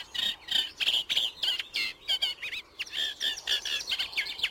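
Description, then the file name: Eurasian reed warbler singing a brisk string of grating chirps and scratchy whistled notes, with no other clear sounds. "Rousserolle effarvatte"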